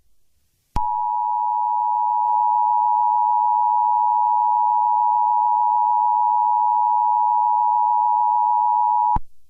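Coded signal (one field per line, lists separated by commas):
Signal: Emergency Alert System (SAME) tones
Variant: 853 and 960 Hz attention tone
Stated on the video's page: Fictional emergency alert scenario, not a real warning.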